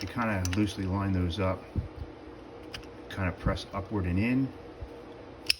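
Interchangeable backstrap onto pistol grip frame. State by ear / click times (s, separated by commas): seated / 5.5 s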